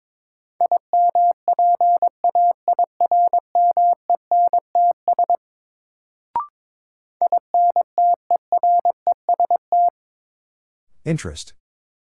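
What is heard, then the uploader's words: A word is sent in Morse code: a single steady mid-pitched tone keys out quick dots and dashes for about five seconds, pauses after a sharp click, then resumes for a shorter run. A brief rough rustling burst ends the clip. New Word Drill - 22wpm. First, the word is sent in Morse code. Then it is spoken.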